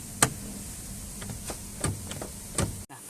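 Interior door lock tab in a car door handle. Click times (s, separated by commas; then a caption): 0.2 s. The interior door lock tab built into the door handle of a 2013 Chevrolet Spin LTZ AT is pulled up, giving a sharp click at 0.2 s as the door lock is released to unlocked. Softer sharp clicks follow at about 1.8, 2.1 and 2.6 s over a low steady background hum.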